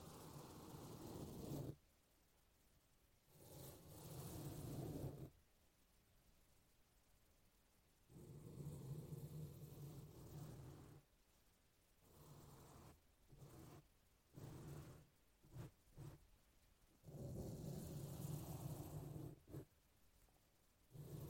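A brush is rubbed over a microphone in separate passes, each a dense, scratchy rush with a low rumbling body, lasting one to three seconds. Short quick strokes cluster between about 12 and 16 seconds, and near-silent gaps separate the passes.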